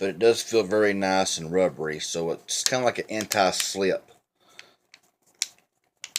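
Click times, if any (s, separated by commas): 5.4 s, 6.0 s, 6.2 s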